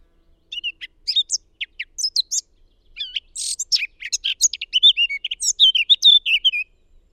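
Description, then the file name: Eurasian blackcap song: a rapid, varied warble of high twittering notes, sparse at first and growing denser toward the end. "Sylvia atricapilla"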